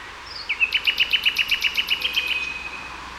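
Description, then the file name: Common nightingale song: a brief upslur followed by a rapid, even series of about a dozen loud, clipped notes, fading toward the end. "Luscinia megarhynchos"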